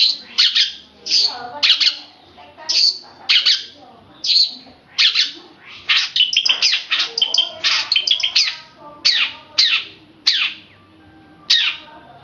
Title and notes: Kicau Kacer. manukmanukan